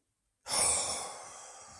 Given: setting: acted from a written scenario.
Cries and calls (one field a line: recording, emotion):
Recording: vocal sound without words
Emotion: contempt